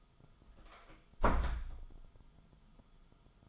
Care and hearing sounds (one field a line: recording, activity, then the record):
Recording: daily activity, microphone in the room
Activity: close door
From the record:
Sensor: 5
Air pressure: 1005.1 hPa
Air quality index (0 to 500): 99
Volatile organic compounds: 2 ppm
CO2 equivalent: 1208 ppm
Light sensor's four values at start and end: 34/79/31/30 and 34/79/31/30